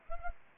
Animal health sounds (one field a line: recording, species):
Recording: mosquito wingbeat signal from an infrared sensor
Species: Anopheles arabiensis